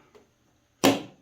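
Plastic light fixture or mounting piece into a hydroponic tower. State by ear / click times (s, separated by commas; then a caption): seated / 0.9 s. A part of a NutriTower hydroponic grow tower, possibly a plastic light fixture or mounting piece, is pushed up and in. After a faint soft tick at 0.2 s, a sharp, loud snap at 0.9 s rings out briefly across the full frequency range. The part snaps into place and is secured.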